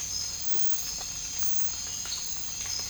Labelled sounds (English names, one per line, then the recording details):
none
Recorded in dense forest near Puerto Asís, Putumayo, Colombia, on 19 March 2025 at 02:30
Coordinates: 0.484, -76.317
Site G064